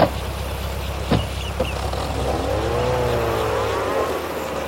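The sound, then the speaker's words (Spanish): A car being test-driven rumbles steadily, then revs up and back down in a smooth rising and falling whine, with a couple of short clicks near the start. No one speaks. “¡Este coche es apenas lo que necesito!”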